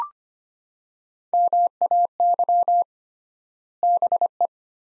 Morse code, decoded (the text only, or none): MAY BE